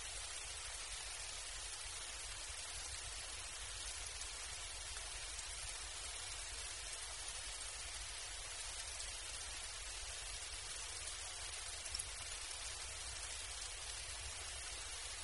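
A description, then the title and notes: Rain patters down in a dense, steady hiss that fills the upper range and hardly changes over the fifteen seconds. A low, constant rumble sits underneath it. The only break is a single small tick near the twelve-second mark. Gentle thunder rolling in the distance and the steady, calming patter of rain.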